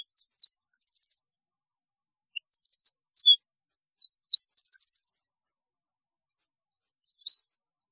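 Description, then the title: European goldfinch song in short high bursts, with twittering notes and two buzzy trill segments separated by pauses. "Chant Chardonneret"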